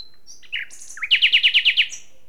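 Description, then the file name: Common nightingale song: a few thin whistles and a brief buzzy note, then a loud run of seven rapid identical chirps. "Luscinia megarhynchos"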